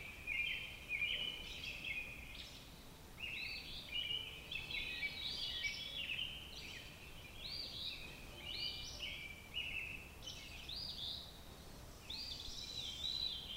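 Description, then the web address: Robin singing a continuous run of varied high warbling phrases, each a second or so long with short gaps, over faint background hiss. "Sounds of Nature Robins"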